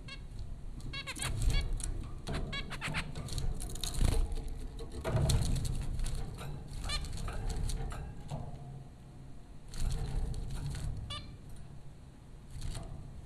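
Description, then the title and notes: Zebra finch calls: several nasal, buzzy toots in quick bursts early on, then sparser notes amid clicking, scratching and low hum. Four zebra finches at Popcorn School, Flatbush, Brooklyn, New York, April 15, 2009. "Dronecast No. 030: The Popcorn Finches Four from Apr 15, 2009. Zebra finches recorded by Dan Bodah at Popcorn School, Flatbush, Brooklyn NY in April 2009"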